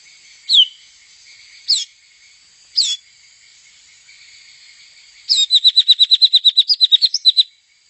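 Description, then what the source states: White-rumped Shama song: three separate downslurred whistles about a second apart, then a fast run of many clipped notes, over a steady high background hum. Female.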